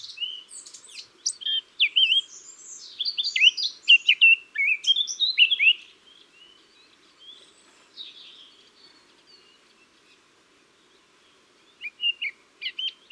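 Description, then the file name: Eurasian blackcap song: a long rambling warble of scratchy and fluty high notes for about six seconds, then quiet, then a short final phrase. "Sylvia atricapilla"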